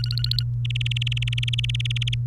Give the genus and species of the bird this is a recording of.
Serinus canaria